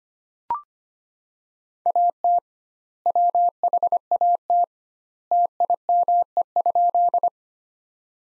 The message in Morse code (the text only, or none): AT WHAT TIME?